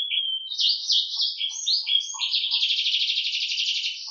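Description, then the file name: Atlantic canary song: a continuous, rapid run of high chirps and slurred phrases, ending in a fast trilled roll. Indonesian "isian moza" song-tutor material. "suara kenari isian moza omkicau"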